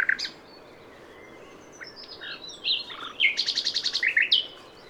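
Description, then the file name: Common nightingale song: scattered whistled notes, then a rapid pulsed trill of bright repeated notes. "Luscinia megarhynchos"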